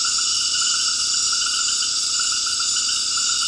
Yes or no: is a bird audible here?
no